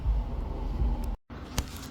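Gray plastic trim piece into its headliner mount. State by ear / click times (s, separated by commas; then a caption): seated / 1.6 s. A gray plastic trim piece is pressed onto its mount at the headliner or speaker area, with a low background rumble and a brief dropout to near silence around 1.2 s. A sharp snap at 1.6 s marks the piece clipping in, and it is seated and secure.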